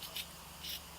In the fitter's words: so at the moment it won't do anything it's just gonna keep spinning up and spinning up we need to push it until it locks into place